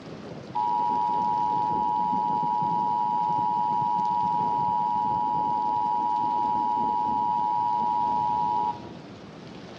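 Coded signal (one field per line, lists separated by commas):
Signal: Emergency Alert System (SAME) tones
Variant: 853 and 960 Hz attention tone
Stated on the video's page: Fake, hypothetical EAS scenario about a tornado outbreak.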